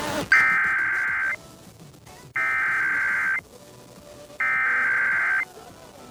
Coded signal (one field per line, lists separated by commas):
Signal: Emergency Alert System (SAME) tones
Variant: header bursts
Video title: EAS #855-856: 2 EAS Required Monthly Tests- Aug. 7, 2023- 12:15AM PDT